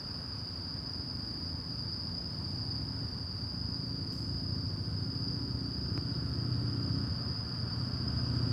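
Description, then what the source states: Crickets give a steady high trill as a low rumble grows louder toward the end, with a couple of brief clicks. Crickets at night in Shinjuku Gyoen Park, Shinjuku, Tokyo, Japan; recorded with DPA 4060 AB microphones into a Deity PR-2.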